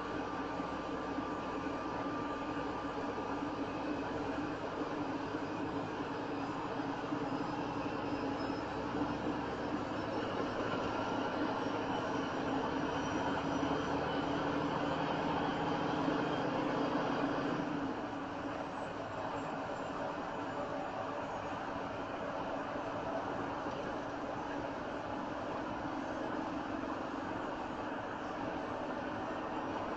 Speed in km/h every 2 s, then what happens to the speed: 42, 42, 44, 45, 47, 50, 53, 56, 58, 60, 60, 60, 64, 66, 66.
0-30 speeds up to 66.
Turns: none.